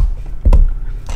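A new valve stem seal is pushed by hand onto the valve guide in an engine cylinder head, giving two clicks at 0.5 s and 1.1 s. The seal is seated on the guide.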